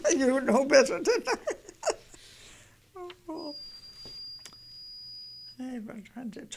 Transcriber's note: she laughs